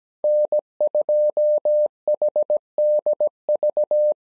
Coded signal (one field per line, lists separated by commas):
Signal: Morse code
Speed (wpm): 17 wpm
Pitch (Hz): 600 Hz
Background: none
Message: N2HDV